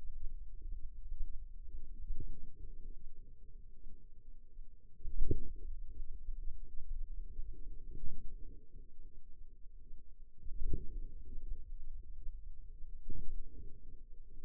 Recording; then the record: forearm muscle sounds (acoustic myography)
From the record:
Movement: radial deviation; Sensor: system 2, bracelet of six BSWA MPA416 microphones around the upper forearm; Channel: 1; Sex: female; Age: 23 years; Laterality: right